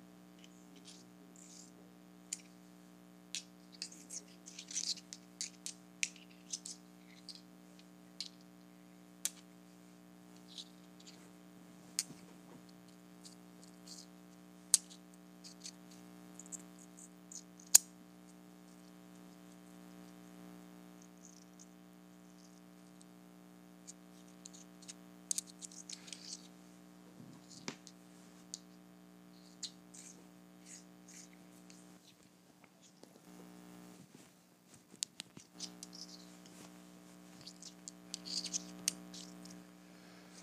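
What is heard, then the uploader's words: Tiny rocks are tapped together in quick, sharp clicks that come in irregular bursts, some clustered, some isolated, with a few louder knocks near 15 and 18 seconds. A steady low hum runs underneath throughout, briefly dipping around 32 to 36 seconds. ASMR Tapping Tiny Rocks Together.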